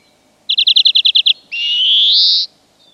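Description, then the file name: European greenfinch calls: a quick rattle of about nine clipped notes followed at once by a long, nasal, upward-sliding wheeze. "Chloris chloris"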